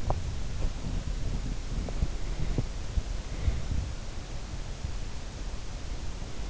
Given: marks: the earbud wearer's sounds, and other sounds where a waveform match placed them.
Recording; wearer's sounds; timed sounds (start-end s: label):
sounds in sleep by an in-ear microphone; body movement
0.00-3.77 s: body movement